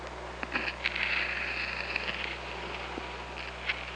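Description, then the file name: Killer whale call, a drawn-out squealing tone with clicks before and after, over a steady low hum. Recorded on an OrcaLab hydrophone on 24 August 2017 at 08:35. "Orca Lab 20170824 083508"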